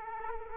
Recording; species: mosquito wingbeat signal from an infrared sensor; Culex quinquefasciatus